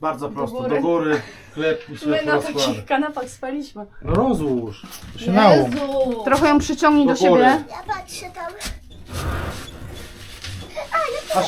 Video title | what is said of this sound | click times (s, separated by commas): Robimy łóżko na palach :) na wyjazd urlopowy | kliknie na kliknęło i w dół. | 10.4 s